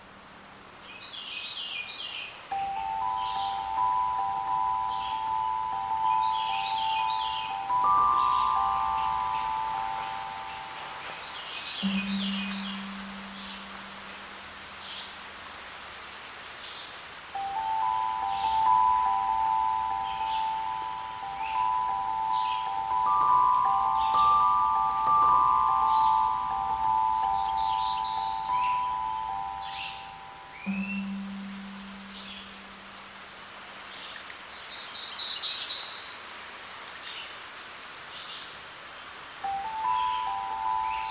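Birds chirp in quick high bursts along Palm Hammock Trail, while steady ringing tones return in long repeating stretches, with occasional low fading hums.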